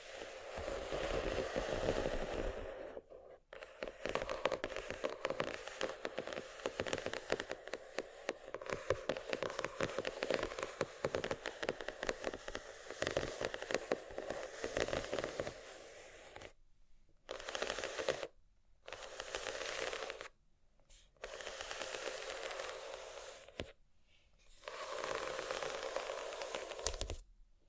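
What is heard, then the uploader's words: Dense, crackly scratching runs almost without pause for the first sixteen seconds, with a brief gap near three seconds. After that it turns stop-start, short scratchy bursts separated by clean silences. The texture is bright and gritty, like rain or shuffling cards. ASMR Scratching.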